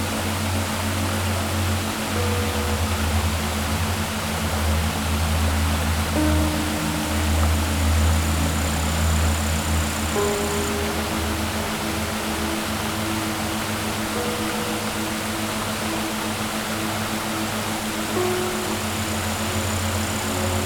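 A waterfall pours in a steady, dense roar that fills every range from deep to hissing, without letting up. Beneath it sits a strong low hum, and faint held tones shift up and down slightly every few seconds, like a motor.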